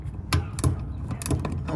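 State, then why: Stripped. A hex key turns the metal service valve stem on a rooftop AC condenser to front-seat it and trap the refrigerant, but the stem spins without catching. Sharp metallic ticks sound over a low mechanical rumble, with the main hit at 0.3 s and further clicks near 0.6, 1.2 and 1.3 s. The stem is stripped out.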